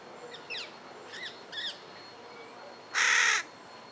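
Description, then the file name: Carrion crow giving one loud harsh caw near the end, preceded by three faint, quick chirping notes. "Corvus corone"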